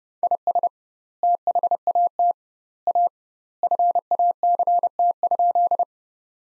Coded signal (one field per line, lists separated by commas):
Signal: Morse code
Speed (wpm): 31 wpm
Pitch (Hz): 700 Hz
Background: none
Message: IS THAT A FACT?